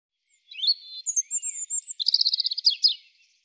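European robin song: a few thin notes, a high wavering whistle, then a fast silvery trill of repeated notes closing in a brief flourish.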